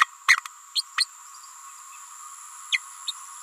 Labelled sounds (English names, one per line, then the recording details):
Green-rumped Parrotlet babbling
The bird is a female
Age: 28 days
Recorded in a nest box in Venezuela
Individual 17B31A3